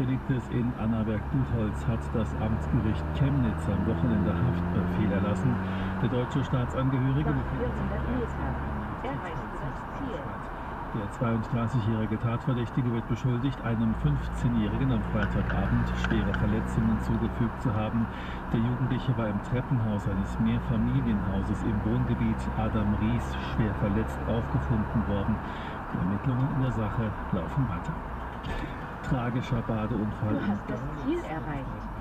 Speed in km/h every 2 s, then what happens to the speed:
39, 44, 52, 53, 55, 51, 47, 45, 45, 49, 48, 52, 56, 53, 46, 42.
0-8 speeds up to 55. 8-13 slows to 45. 13-26 speeds up to 53. 26-32 slows to 42.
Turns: none.